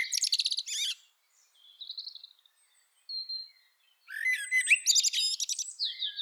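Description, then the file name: Common blackbird singing: a rapid scratchy twitter, then short quiet whistled notes, ending in a lively burst of high, chattering and squeaky phrases. "Turdus merula"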